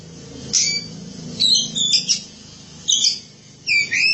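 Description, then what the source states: Oriental magpie-robin giving short bursts of high whistles and scratchy chattering notes, spaced by brief pauses, over a low rumbling hum. Song of the kacer.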